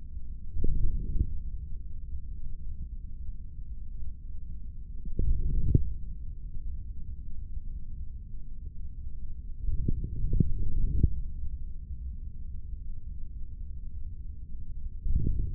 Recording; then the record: forearm muscle sounds (acoustic myography)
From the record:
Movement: forearm pronation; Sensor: system 3, bracelet of six PUI Audio POM-2738L microphones around the upper forearm, with dedicated amplification and filtering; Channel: 1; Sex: male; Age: 25 years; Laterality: right